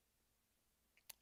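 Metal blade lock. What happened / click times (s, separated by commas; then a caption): The folding blade snapped into its locked-open position / 1.1 s. The blade of a manual Gerber DMF folding knife with a G-10 handle is swung open into its locked-open position in the handle. After near silence and a faint tick, a single sharp click at 1.1 s marks the blade locking open.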